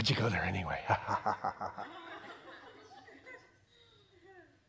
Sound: evil laugh